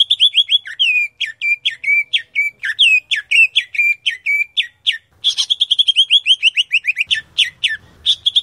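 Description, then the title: Grey-cheeked bulbul song, a rapid run of bright, slightly falling chirps several per second, a short break near the middle, then a faster burst of chirps. "Kicau Burung Cucak Jenggot"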